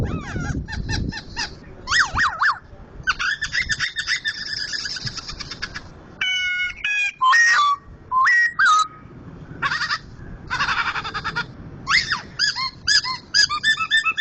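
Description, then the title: White-crested laughingthrush song, a loud varied run of whistled slurs, rapid chattering notes and harsh bursts with short pauses between phrases. Sumatran type; loud voice; national champion bird. "Poksay Hongkong gacor mantab (Gathutkaca)"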